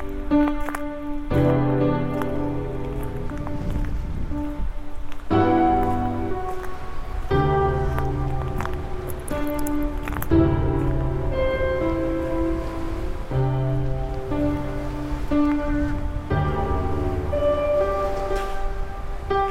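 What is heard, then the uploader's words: A computer-generated piano plays an old song, its sustained notes and chords changing every few seconds with a steady bass underneath. A constant patter like rain or surf runs through the whole passage, with short clicks and taps scattered throughout. An old song on a computer generated piano; field and foley recordings; miscellaneous bits and pieces of digital sounds; a sine waves; the ocean; a train. Collaged piano based on the folk song The Housewife’s Lament.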